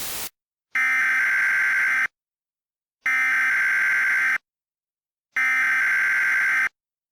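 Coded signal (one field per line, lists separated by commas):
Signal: Emergency Alert System (SAME) tones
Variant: header bursts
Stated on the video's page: Fictional EAS mock.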